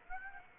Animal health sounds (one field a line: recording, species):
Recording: mosquito wingbeat signal from an infrared sensor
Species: Aedes aegypti